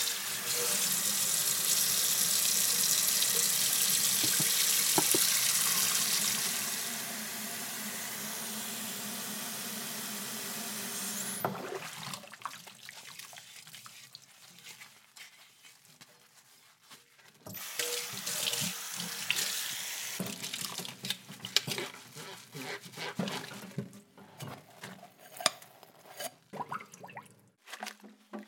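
A kitchen sink fills with a steady, bright rush of running water for about the first eleven seconds, easing slightly near seven seconds. The tap then stops, leaving quieter sloshing, splashes and small clinks of dishes moving in the water, busier again after seventeen seconds.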